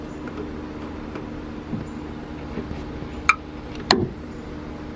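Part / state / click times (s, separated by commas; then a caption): side mirror wiring connector into door wiring harness / seated / 3.3 s, 3.9 s. The electrical plug of a replacement side mirror on a 2008-2013 Nissan Rogue is pushed into the door wiring harness connector over a low steady background hum. Sharp snaps ring out at 3.3 and 3.9 seconds, and the connector is seated.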